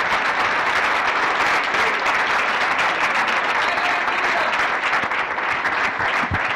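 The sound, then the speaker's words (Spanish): Sustained applause from a crowd at a sermon, given to the Lord, a dense, steady wash of many hands clapping at an even, fairly loud level for several seconds without letting up. “Menos no quiere darle un aplauso al Señor.”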